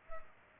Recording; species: mosquito wingbeat signal from an infrared sensor; Culex pipiens